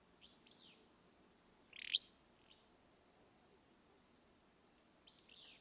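Willow flycatcher giving one strong buzzy phrase among faint slurred notes over a steady background hiss.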